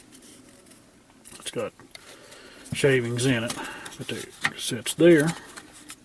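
A used plastic disposable shavings tray, with shavings in it, is handled at the base of a Lyman Electric Prep Station for brass cases while someone talks, with brief light knocks and rattles between the words. The tray has not seated or clicked into place yet when the clip ends.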